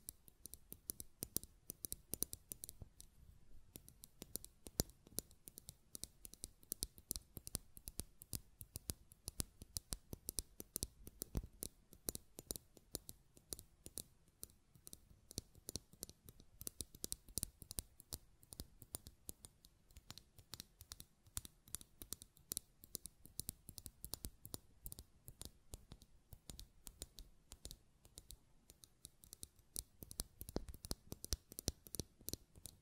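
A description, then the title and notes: Buttons are clicked and tapped in rapid, irregular bursts throughout, sharp snaps dense and nearly continuous. ASMR Button Clicking and Tapping Sounds (No Talking).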